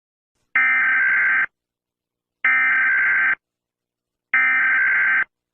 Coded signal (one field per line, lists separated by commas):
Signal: Emergency Alert System (SAME) tones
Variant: header bursts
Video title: EAS Scenario: The Beginning. [READ DESC]